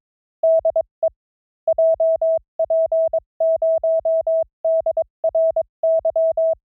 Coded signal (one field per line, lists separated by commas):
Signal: Morse code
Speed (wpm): 22 wpm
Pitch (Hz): 660 Hz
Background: none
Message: DE JP0DRY